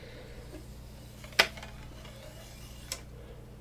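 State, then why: Seated. A drop-away arrow rest is cocked by drawing back, and its rest arm re-engages the latch on the rest body. A sharp clunk at 1.4 seconds marks the arm latching back, followed by a fainter tick at about 2.9 seconds over a steady low hum. The arm is seated.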